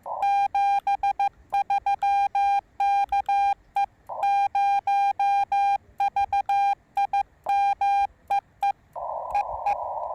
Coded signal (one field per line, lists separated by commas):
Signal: Morse code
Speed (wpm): 15 wpm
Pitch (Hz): 810 Hz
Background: radio noise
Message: 73 KE0VIM EE EE